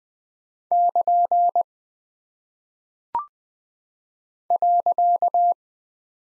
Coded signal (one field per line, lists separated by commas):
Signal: Morse code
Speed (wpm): 20 wpm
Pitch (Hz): 700 Hz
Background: none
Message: <KN> .